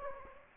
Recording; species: mosquito wingbeat signal from an infrared sensor; Anopheles gambiae